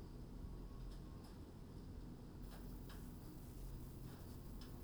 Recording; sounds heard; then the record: poultry house recording; no chicken sound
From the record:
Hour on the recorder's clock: 21